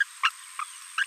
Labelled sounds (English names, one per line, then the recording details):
Green-rumped Parrotlet babbling
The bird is a female
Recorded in a nest box in Venezuela
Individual 17B42A2